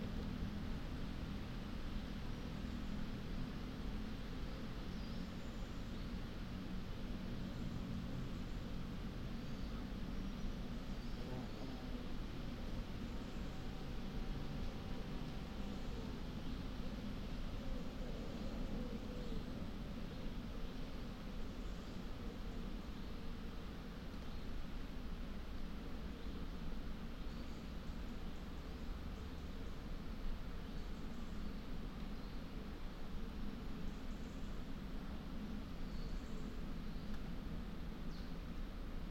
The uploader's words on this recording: We captured this hour of forest time by leaving the Lento mics alone on an old tree last month deep in the Wyre Forest in Worcestershire. Slow forest Wyre valley.